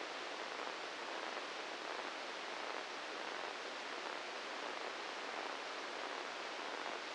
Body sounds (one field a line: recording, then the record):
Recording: brain microelectrode recording played as sound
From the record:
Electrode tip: inside the subthalamic nucleus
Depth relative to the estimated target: -1 mm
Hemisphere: right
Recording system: NeuroSet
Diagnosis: Parkinson's disease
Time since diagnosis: 10 years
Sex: male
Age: 56 years